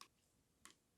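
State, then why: Seated. A self-tapping plastic threading screw is turned backwards in the plastic gearbox housing of a SPLATRBALL SRB400 gel blaster until its thread drops into the old thread path. Sharp clicks are heard at 0.0 s and 0.7 s over a quiet background. The screw is seated back in the same thread and can now be driven forward without cross-threading the plastic.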